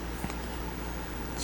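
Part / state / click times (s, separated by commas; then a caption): plastic model panel onto the saucer frame / seated / 0.3 s. Plastic part 17d of an Eaglemoss Enterprise 1701-D model starship is pressed onto the saucer frame, its pins going into the registration holes. Over a steady low background hum, a short sharp snap sounds at 0.3 s. The part is seated, held by a press fit with no screws.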